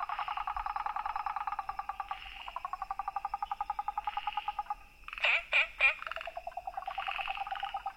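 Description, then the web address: Frog chorus of fast, rattling pulsed trains repeated in overlapping bursts, broken midway by a cluster of three loud, swooping notes before the trilling resumes. Recorded 13 April 2014. "frog rec 140413"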